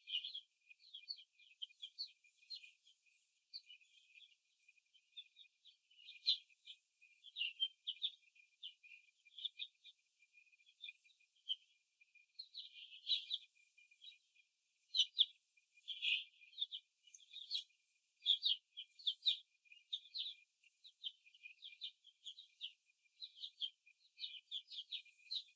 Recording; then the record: young laying hens in a cage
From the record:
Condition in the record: after the stressor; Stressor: simulated dog barking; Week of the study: 2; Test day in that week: 2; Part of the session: 3